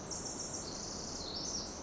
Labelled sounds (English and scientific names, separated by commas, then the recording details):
Pacific Wren (Troglodytes pacificus)
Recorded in Sonoma County, California